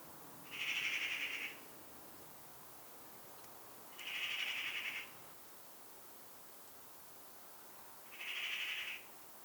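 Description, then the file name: Eurasian magpie giving three harsh, rasping calls, each about a second long, repeated roughly every three to four seconds over steady background hiss. "Pica pica"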